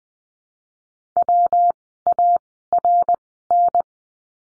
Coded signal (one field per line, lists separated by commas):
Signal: Morse code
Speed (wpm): 20 wpm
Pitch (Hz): 700 Hz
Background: none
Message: WARN